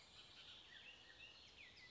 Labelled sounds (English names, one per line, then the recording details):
Bullock's Oriole
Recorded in Sonoma County, California